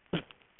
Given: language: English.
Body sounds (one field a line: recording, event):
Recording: throat vibration sensor signal played as sound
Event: cough